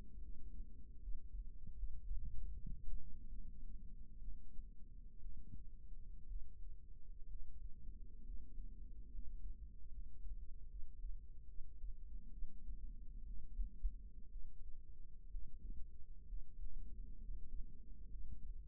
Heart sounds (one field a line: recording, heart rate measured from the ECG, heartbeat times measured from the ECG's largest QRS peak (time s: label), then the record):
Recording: heart sounds by microphone in the right ear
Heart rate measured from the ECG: 67 bpm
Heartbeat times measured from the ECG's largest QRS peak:
0.19 s: heartbeat
0.98 s: heartbeat
1.74 s: heartbeat
2.50 s: heartbeat
3.30 s: heartbeat
4.20 s: heartbeat
5.20 s: heartbeat
6.27 s: heartbeat
7.26 s: heartbeat
8.23 s: heartbeat
9.09 s: heartbeat
9.90 s: heartbeat
10.67 s: heartbeat
11.46 s: heartbeat
12.29 s: heartbeat
13.25 s: heartbeat
14.28 s: heartbeat
15.27 s: heartbeat
16.25 s: heartbeat
17.18 s: heartbeat
18.08 s: heartbeat
From the record:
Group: healthy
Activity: rest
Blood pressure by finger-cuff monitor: 140/64 mmHg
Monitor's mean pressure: 88 mmHg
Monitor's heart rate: 66 bpm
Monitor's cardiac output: 6.6 L/min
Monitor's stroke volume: 100 mL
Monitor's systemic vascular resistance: 970 dyn s/cm5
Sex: female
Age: 37 years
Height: 168 cm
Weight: 70 kg